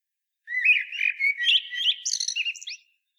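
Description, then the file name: Common blackbird song: one continuous flutey, warbling phrase that climbs into thin, scratchy high twitters at the end. "Turdus merula"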